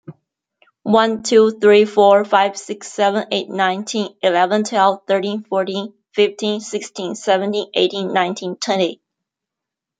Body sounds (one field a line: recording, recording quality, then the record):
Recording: counting at a fast pace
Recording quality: excellent, no background noise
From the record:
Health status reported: healthy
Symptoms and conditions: none ticked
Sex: female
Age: 30 years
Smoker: not ticked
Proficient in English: yes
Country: United States